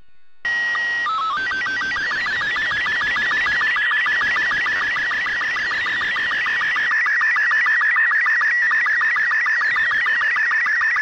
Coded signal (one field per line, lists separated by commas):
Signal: SSTV (slow-scan television)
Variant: Robot 36